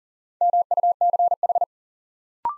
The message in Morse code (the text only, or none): MUCH